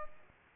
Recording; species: mosquito wingbeat signal from an infrared sensor; Aedes aegypti